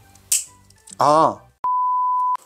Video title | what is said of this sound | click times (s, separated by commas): 메카아크 1/100 도미넌트 타이탄 리뷰 | 죄송합니다. 이거 한번 딱 소리 나게 해야지 이게 올라가네요. | 0.3 s